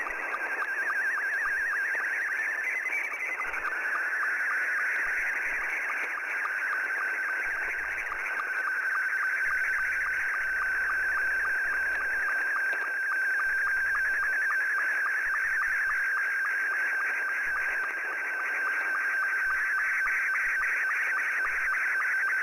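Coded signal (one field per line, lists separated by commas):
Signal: SSTV (slow-scan television)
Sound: continuous warbling tone with rapid regular ticking sync pulses, steady throughout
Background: radio static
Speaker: let me pause here and we'll go into the live portion of actually receiving signals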